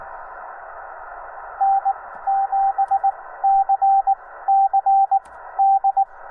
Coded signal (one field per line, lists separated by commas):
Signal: Morse code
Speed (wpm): 18 wpm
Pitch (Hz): 780 Hz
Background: radio noise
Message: N7CCD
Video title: Morse Code Activation: RAW VIDEO - from K-0060 Saguaro National Park